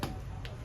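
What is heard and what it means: The flip-lock height adjustment lever on a trekking pole is pressed closed after the pole is extended to the wanted height. Two sharp snap-like clicks are heard at 0.0 s and 0.5 s. The lever snaps shut and seats, leaving the pole ready.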